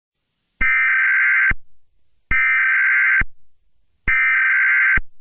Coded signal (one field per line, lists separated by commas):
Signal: Emergency Alert System (SAME) tones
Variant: header bursts